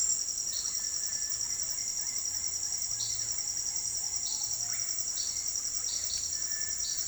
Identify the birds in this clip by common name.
Orange-winged Amazon, Russet-backed Oropendola, Cinereous Tinamou